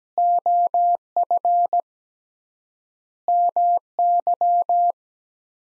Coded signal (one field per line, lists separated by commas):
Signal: Morse code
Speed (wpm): 17 wpm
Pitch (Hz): 700 Hz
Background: none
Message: OF MY